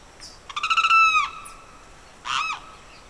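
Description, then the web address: Bird calls: a loud, nasal, buzzy note opening with rapid stutters and holding level, then a brief harsh second note, over faint background chirps. Evening birdsong in the Pantanal swamp, rural South America. "The BBC Sound Effects Library - Complete 60 CDs Collection Sound Effects Library- (Rural South America) Evening Birdsong, Pantanal Swamp"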